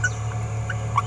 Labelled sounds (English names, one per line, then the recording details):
Green-rumped Parrotlet babbling
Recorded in a nest box in Venezuela
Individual 18B17A3